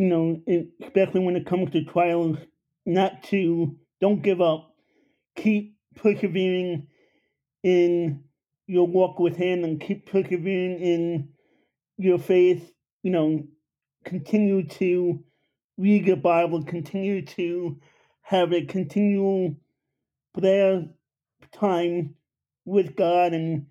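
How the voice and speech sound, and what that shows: Slow, halting speech from an adult man born with Apert syndrome, a condition affecting the face, fingers and toes, who had many operations and attended speech classes as a child. Consonants are dropped or distorted and vowels sound nasal, fitting a speech impediment.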